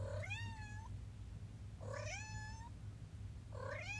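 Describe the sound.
Cat meowing: three drawn-out meows, each rising then levelling off, spaced under two seconds apart over a steady low hum.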